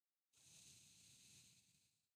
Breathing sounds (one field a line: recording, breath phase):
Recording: one breath near a microphone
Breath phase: exhalation